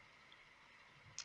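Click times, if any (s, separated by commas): 1.2 s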